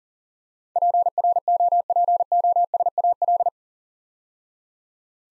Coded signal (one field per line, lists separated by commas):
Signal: Morse code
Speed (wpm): 44 wpm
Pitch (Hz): 700 Hz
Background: none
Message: PROPOSAL